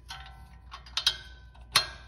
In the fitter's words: You're gonna hear it click, slide in there.